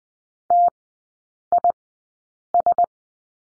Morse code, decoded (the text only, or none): TIS